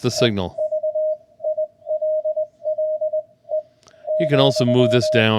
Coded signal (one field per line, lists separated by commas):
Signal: Morse code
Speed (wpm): 19 wpm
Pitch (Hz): 620 Hz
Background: speech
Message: EVILLE ,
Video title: Hermes-Lite 2-- SDR HF Transceiver